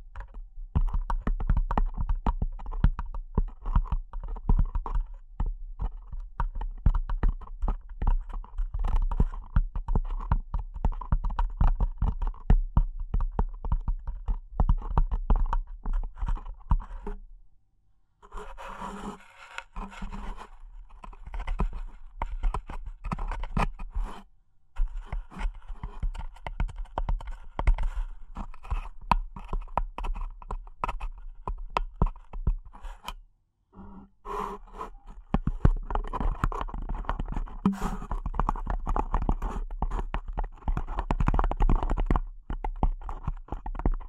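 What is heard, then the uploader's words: Delicate tapping runs almost without pause, a dense patter of small, quick clicks with a faint low rumble underneath. Brief silences break it near 18, 25 and 34 seconds, and after about 35 seconds the taps turn fuller and slightly louder. ASMR Delicate Tapping (No Talking).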